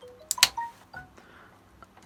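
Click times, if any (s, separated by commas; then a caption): 0.3 s, 0.4 s. A hand pushes together the two halves of the plastic power connector on a rebuilt UPS battery pack, with the battery interconnect mating into its counterpart. Two sharp clicks come at 0.3 and 0.4 seconds, followed by softer faint knocks. The connector latches and is seated.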